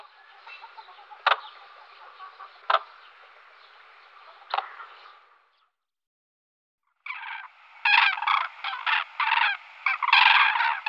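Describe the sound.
Crane calls, soft calling with a few sharp notes, a short silence, then a lively run of loud rattling trumpet calls.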